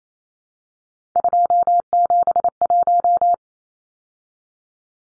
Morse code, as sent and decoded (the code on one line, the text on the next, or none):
..--- --... .----
271